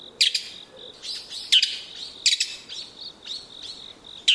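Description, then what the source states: Bull-headed shrike giving harsh, grating screeches in irregular bursts, some doubled, over a steady pulsing insect trill. Recorded at Yumura Onsen, Shimane Prefecture, Japan.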